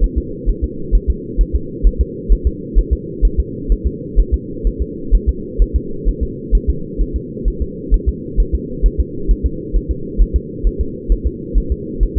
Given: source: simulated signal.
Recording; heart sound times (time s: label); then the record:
fetal heart sounds
0.04 s: S1
0.18 s: S2
0.49 s: S1
0.64 s: S2
0.95 s: S1
1.10 s: S2
1.41 s: S1
1.55 s: S2
1.87 s: S1
2.01 s: S2
2.33 s: S1
2.47 s: S2
2.79 s: S1
2.93 s: S2
3.25 s: S1
3.40 s: S2
3.72 s: S1
3.87 s: S2
4.20 s: S1
4.34 s: S2
4.67 s: S1
4.82 s: S2
5.15 s: S1
5.29 s: S2
5.62 s: S1
5.76 s: S2
6.08 s: S1
6.23 s: S2
6.55 s: S1
6.70 s: S2
7.01 s: S1
7.16 s: S2
7.48 s: S1
7.62 s: S2
7.94 s: S1
8.09 s: S2
8.40 s: S1
8.55 s: S2
8.86 s: S1
9.00 s: S2
9.31 s: S1
9.46 s: S2
9.76 s: S1
9.91 s: S2
10.21 s: S1
10.36 s: S2
10.67 s: S1
10.81 s: S2
11.12 s: S1
11.27 s: S2
11.58 s: S1
11.72 s: S2
12.03 s: S1
12.18 s: S2
From the record:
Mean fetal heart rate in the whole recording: 130 bpm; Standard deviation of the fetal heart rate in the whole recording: 2 bpm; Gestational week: 36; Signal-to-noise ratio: -4.3 dB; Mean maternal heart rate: 72 bpm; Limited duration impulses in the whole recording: absent